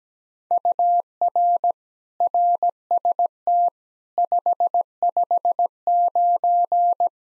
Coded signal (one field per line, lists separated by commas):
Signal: Morse code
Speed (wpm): 17 wpm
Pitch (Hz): 700 Hz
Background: none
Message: UR RST 559